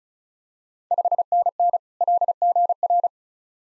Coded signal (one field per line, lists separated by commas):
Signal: Morse code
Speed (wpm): 34 wpm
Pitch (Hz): 700 Hz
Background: none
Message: 5NN LGR